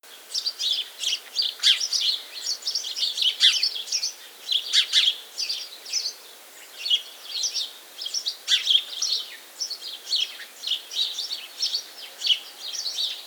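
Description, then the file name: House sparrow chirping: many bright chirps in quick, irregular runs with short pauses. "Passer domesticus"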